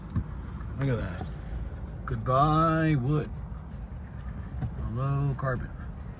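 Someone talks while handling a plastic interior trim piece that is about to be pushed back into its dashboard/console clips over a newly fitted real molded carbon fiber overlay from a 12-piece "Go Plaid" interior upgrade kit on a 2021+ Model S. A brief soft tap comes at 0.2 s under a low steady background hum. The piece has not seated or clicked yet.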